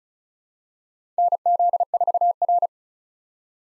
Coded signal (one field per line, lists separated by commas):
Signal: Morse code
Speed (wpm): 36 wpm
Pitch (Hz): 700 Hz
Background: none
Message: NZ4R